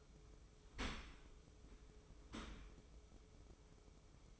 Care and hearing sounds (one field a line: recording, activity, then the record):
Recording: daily activity, microphone in the room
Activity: open dishwasher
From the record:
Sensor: 1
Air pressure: 995.9 hPa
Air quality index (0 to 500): 62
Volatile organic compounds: 2 ppm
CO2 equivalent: 1238 ppm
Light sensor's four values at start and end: 32/110/42/44 and 32/110/42/45